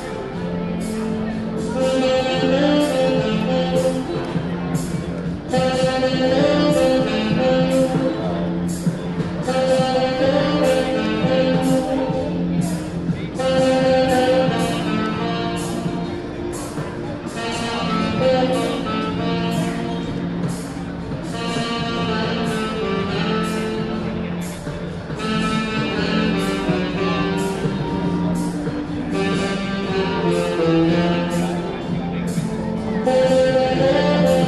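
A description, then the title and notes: Live jazz plays outdoors on a busy street, a steady full band with strong low notes, bright horn lines and regular drum hits throughout. Live jazz plays outside on an evening walk along Bourbon Street in New Orleans. Recorded by Alex Clifford.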